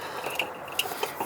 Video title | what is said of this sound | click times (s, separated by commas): DIY Van Conversion part 7 - Swivel seat install | yeah they go together so easy right snap | 0.8 s